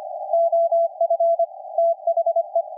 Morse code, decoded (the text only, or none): OF THE